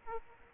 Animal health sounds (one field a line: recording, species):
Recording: mosquito wingbeat signal from an infrared sensor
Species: Aedes aegypti